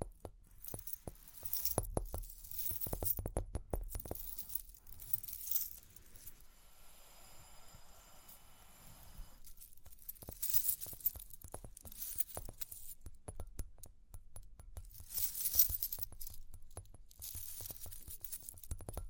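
Tapping and scratching with jingling, metallic clinks in irregular bursts, broken by a quieter stretch of faint whirring near the eighth second.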